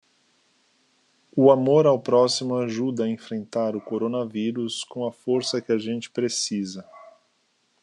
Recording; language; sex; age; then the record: spoken sentence; Brazilian Portuguese; male; 40 to 49 years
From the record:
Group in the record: control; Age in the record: 45 years